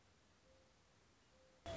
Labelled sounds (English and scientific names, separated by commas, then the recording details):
Mourning Dove (Zenaida macroura)
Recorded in Sonoma County, California